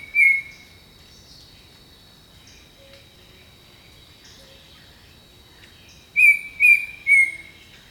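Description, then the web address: Bird song: a single loud whistle, several quiet seconds of high hum and faint chips, then three more whistles in quick succession. Jungle birdsong. "Echoes of Nature - Jungle Talk 01 Jungle Birdsong"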